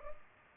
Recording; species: mosquito wingbeat signal from an infrared sensor; Culex pipiens